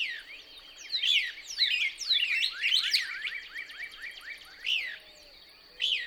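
Couch's Kingbird: a series of high chattering notes, then two brief isolated calls after a pause, over a steady high-pitched hum.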